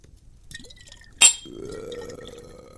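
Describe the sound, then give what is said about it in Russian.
A sharp glass clink, then liquid pours steadily into small shot glasses, the gurgling tone rising slightly as it fills. A soft tap comes just before, and no one speaks. “Когда в маленькие рюмки было налито”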